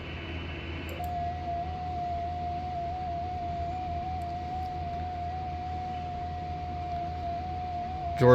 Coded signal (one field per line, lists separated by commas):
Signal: FT8